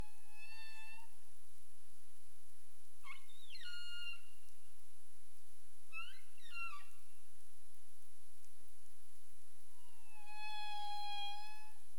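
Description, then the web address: Humpback whale calls: a drawn-out tonal moan with rich overtones, then two clusters of quick sliding notes, and a final long steady tone, over a soft hiss. Recorded 2035-04-27 at 22:41:31 UTC. "CARIMAM clean data humpback whale 20350427 224131 UTC"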